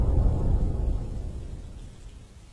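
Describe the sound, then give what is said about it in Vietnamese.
Rain pours outdoors over a yard at night in a dense, hissing wash over a heavy low rumble, the whole sound slowly fading over a couple of seconds, with no voices. “Ngoài trời vẫn mưa, trông ra khoảng sân mù mịt,”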